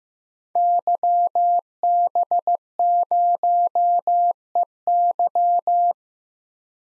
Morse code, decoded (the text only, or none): YB0EY